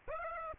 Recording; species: mosquito wingbeat signal from an infrared sensor; Aedes aegypti